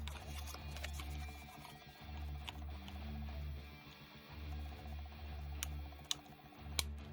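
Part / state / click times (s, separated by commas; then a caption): plastic figure wing peg into backpack port / seated / 6.1 s, 6.8 s. The plastic wing pegs of an SH Figuarts Falcon action figure are pushed firmly into the air intake ports of its backpack over a steady low hum. Two sharp snaps at 6.1 and 6.8 seconds mark the wings seating in place.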